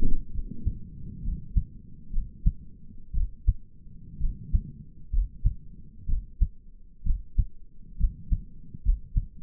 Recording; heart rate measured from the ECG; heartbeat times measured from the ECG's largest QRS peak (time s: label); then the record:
heart sounds by stethoscope; 63 bpm
0.34 s: heartbeat
1.24 s: heartbeat
2.13 s: heartbeat
3.14 s: heartbeat
4.21 s: heartbeat
5.13 s: heartbeat
6.08 s: heartbeat
7.05 s: heartbeat
7.99 s: heartbeat
8.84 s: heartbeat
From the record:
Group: healthy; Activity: rest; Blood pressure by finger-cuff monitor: 111/69 mmHg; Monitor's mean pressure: 85 mmHg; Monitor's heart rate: 63 bpm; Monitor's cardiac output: 5.8 L/min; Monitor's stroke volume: 89 mL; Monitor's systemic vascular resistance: 1100 dyn s/cm5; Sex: male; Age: 22 years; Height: 181 cm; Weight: 79 kg